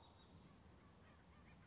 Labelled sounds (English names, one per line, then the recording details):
California Towhee
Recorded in Sonoma County, California